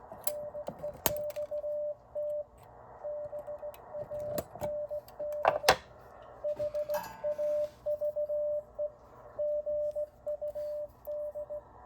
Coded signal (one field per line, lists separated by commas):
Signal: Morse code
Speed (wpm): 16 wpm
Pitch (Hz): 590 Hz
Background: radio noise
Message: NEXT BAND HAVE GUD